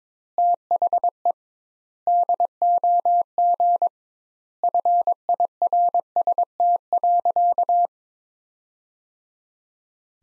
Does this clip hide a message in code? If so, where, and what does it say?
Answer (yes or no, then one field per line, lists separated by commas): yes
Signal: Morse code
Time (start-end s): 0.4-7.9 s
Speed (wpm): 22 wpm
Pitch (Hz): 700 Hz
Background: none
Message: THE DOG FIRST.